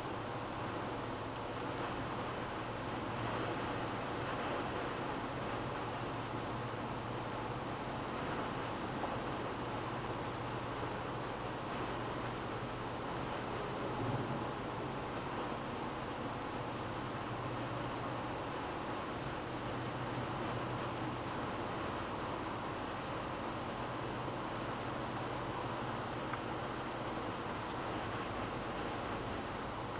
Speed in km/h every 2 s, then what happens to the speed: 120, 120, 123, 123, 125, 125, 125, 124, 125, 129, 129, 131, 131, 133, 131.
0-30 speeds up to 131.